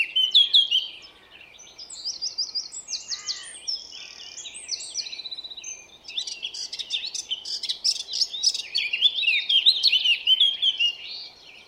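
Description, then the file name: Eurasian blackcap song: rapid scratchy warbling with some clearer notes, two long phrases with a short pause between them. "Sylvia atricapilla"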